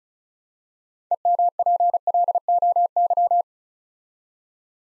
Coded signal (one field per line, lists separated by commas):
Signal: Morse code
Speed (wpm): 36 wpm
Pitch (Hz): 700 Hz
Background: none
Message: EMPLOY